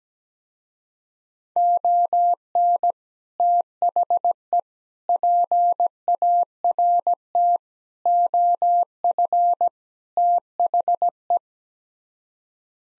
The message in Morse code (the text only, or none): ON THE PART OF THE